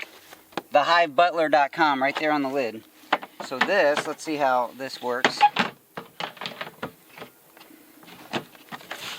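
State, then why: Seated. A plastic lid is fitted onto a beekeeping frame storage box and pressed down. Someone talks for the first several seconds, followed by handling and knocking sounds as the lid goes on. Sharp clicks at 8.3 s and 8.9 s mark the lid snapping into place.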